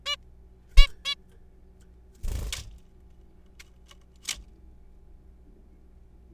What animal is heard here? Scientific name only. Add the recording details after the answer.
Taeniopygia guttata. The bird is a juvenile. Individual R3428